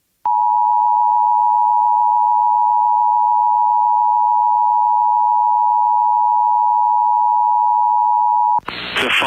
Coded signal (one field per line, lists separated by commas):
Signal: Emergency Alert System (SAME) tones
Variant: 853 and 960 Hz attention tone